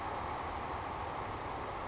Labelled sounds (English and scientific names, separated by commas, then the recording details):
Savannah Sparrow (Passerculus sandwichensis)
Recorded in Sonoma County, California